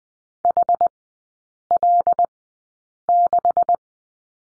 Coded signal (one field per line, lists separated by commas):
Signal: Morse code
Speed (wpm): 19 wpm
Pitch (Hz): 700 Hz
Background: none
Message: HL6